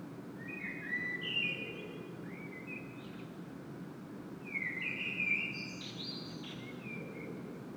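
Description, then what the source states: Common blackbird song, two or three warbled whistled phrases with twittered tails, separated by short pauses, against a steady low rumble. Recorded in Saint-Gilles, Belgium, blackbird singing; made with a Sony PCM-M10 internal microphone.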